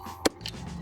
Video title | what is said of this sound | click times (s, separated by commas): Euphree Solar Sparrow Chain Review: The Ultimate $1799 City Cruiser? | So slide the bottom in and clip into place. | 0.3 s, 0.5 s